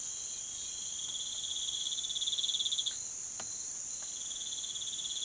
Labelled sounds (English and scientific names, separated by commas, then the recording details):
none
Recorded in pastures near Puerto Asís, Putumayo, Colombia, on 19 June 2025 at 05:30
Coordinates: 0.487, -76.322
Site H26